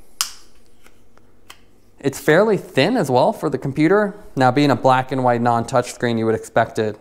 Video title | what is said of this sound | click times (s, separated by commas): $50 CYCPLUS M1 GPS Cycling Computer + Z2 Out Front Mount Review - feat. Garmin Mount + 2.9" Display | with their mount locks into place and doesn't really jiggle. | 0.2 s